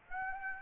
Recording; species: mosquito wingbeat signal from an infrared sensor; Aedes aegypti